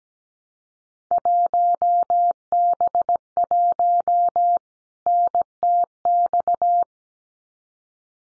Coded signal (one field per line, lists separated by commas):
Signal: Morse code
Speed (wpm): 17 wpm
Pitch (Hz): 700 Hz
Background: none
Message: 1B1 NTX